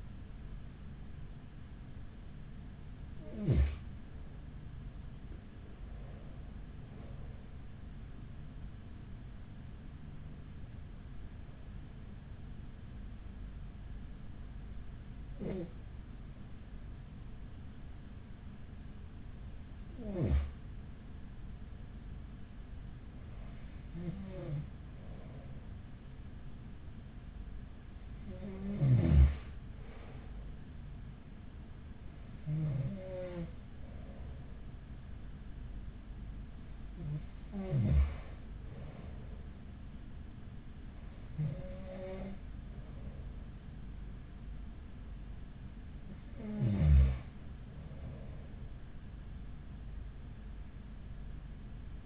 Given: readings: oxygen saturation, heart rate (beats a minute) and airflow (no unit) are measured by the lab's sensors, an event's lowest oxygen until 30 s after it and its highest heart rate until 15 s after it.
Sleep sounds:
breathing in sleep by a smartphone at the bedside; 1
13.00-28.40 s: hypopnea (N1, oxygen 95% highest, then 92% lowest, heart rate 52 at the start, 52 highest)
From the record:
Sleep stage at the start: N1 (lightest sleep); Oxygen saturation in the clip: 92 to 95%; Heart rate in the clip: 43 to 64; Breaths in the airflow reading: 11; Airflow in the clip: -7.2 to 10.2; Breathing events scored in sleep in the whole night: 207 in 7.6 hours asleep

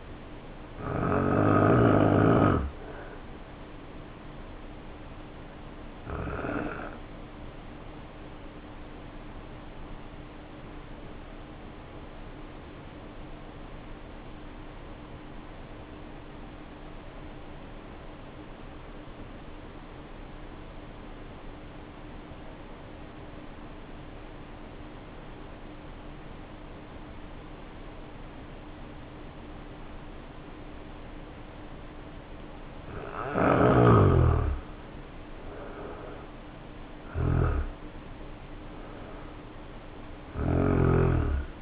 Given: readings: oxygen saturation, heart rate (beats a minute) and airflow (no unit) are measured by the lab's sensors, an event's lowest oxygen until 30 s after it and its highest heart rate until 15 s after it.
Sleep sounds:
breathing in sleep by a voice recorder at the bedside; 1
5.00-35.00 s: new sleep stage, N1 (lightest sleep)
6.00-30.20 s: obstructive apnea (N1, oxygen 94% highest, then 77% lowest, heart rate 58 at the start, 71 highest)
35.00-41.62 s: new sleep stage, N2 (light sleep)
From the record:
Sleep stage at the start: N2 (light sleep); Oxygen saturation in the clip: 78 to 94%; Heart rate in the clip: 52 to 71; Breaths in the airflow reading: 5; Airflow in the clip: -5.8 to 5.9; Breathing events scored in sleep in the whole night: 520 in 7.2 hours asleep

